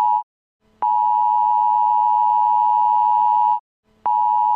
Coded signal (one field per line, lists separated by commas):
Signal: Emergency Alert System (SAME) tones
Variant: 853 and 960 Hz attention tone